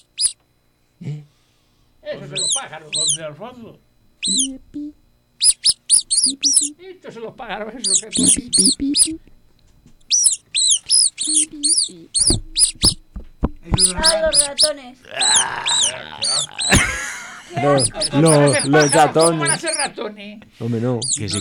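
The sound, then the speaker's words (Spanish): Mice squeak over and over in rapid, high-pitched chirps that come in irregular bursts, at times dense and overlapping, with lower murmuring sounds mixed in beneath. “Son ratones. Yo pensaba que era pájaro.”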